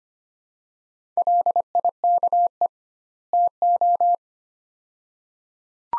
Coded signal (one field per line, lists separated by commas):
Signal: Morse code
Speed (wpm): 25 wpm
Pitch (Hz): 700 Hz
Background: none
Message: LIKE TO